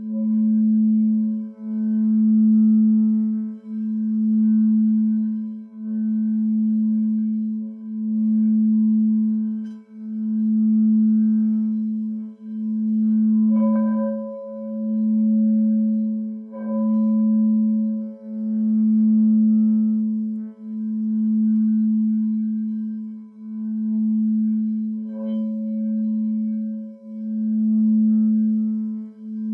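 Crystal singing bowls hum a steady low tone that swells and fades in regular pulses every two seconds, with faint ringing overtones and occasional light taps.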